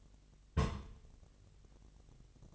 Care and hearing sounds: daily activity, microphone in the room; place on stove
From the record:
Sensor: 4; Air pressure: 1000.1 hPa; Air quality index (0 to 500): 229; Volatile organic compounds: 30 ppm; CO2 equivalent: 2960 ppm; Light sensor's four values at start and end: 9/20/8/8 and 9/20/8/8

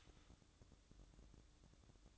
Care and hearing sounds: daily activity, microphone in the room; start toaster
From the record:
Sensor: 3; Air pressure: 1007.1 hPa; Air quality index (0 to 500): 54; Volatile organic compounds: 1 ppm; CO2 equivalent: 591 ppm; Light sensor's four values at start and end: 8/18/7/7 and 8/18/7/7

